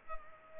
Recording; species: mosquito wingbeat signal from an infrared sensor; Culex pipiens